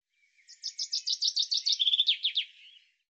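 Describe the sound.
Bird song: a rapid series of high notes, a brief steady note and a few falling strokes, fading out with soft trailing notes.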